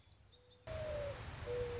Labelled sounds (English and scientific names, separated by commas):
Mourning Dove (Zenaida macroura)